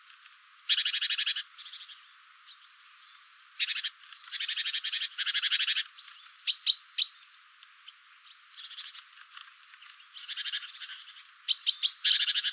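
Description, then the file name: Great tit calls: harsh buzzy churrs in bursts of up to about a second, mixed with short sharp high notes and a few thin whistled pips, with quiet gaps between. "Parus major"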